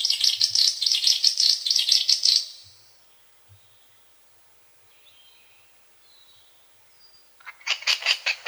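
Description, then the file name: Great snipe display, a burst of quick, high clicking pulses for about two seconds, a near-silent pause with faint notes, then the clicking resumes. "Dupel lesnoj"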